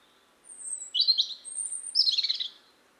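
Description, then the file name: European robin song: a high, thin warbled phrase with fine sliding whistles and rapid trills. "Erithacus rubecula"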